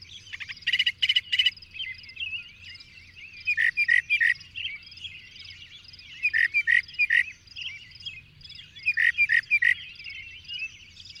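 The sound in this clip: Birdsong with harsh buzzy bursts near the start and three later groups of sharp notes, over a constant chorus of twittering birds.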